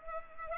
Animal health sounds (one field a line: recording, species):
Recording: mosquito wingbeat signal from an infrared sensor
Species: Culex pipiens